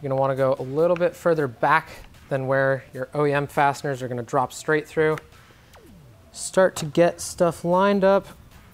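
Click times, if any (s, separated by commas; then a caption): none. Plastic fairing pieces are lined up around a fender eliminator on a 2017+ Kawasaki Ninja 650 / Z650 while a plastic fairing fastener tab is handled near the motorcycle tail fairing. Someone talks throughout, with a brief pause and faint handling noise in the middle. Nothing has seated or clicked in yet.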